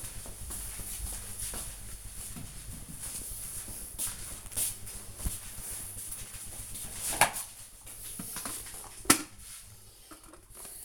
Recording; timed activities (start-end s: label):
household activities, microphone on the right wrist
6.82-10.85 s: making tea